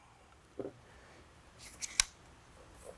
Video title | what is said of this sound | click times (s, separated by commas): Tornado Pac-Vac 6 Roam Backpack Vacuum – Use & Care | you're going to just slide this right into the back and lock it into place. | 2.0 s